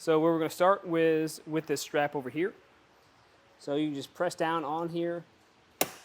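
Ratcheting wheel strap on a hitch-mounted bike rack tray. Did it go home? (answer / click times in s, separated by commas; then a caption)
released / 5.8 s. Someone talks, then presses down on the release tab of a ratcheting wheel strap on the tray of a hitch-mounted Thule Epos 2 bike rack fitted to a 2023 Tesla Model Y. A single sharp click is heard at 5.8 s as the strap lets go and releases.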